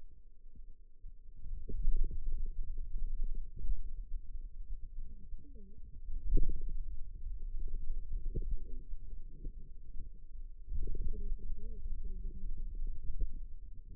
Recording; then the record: forearm muscle sounds (acoustic myography)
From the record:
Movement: finger pinch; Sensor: system 2, bracelet of six BSWA MPA416 microphones around the upper forearm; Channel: 4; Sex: female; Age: 21 years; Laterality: right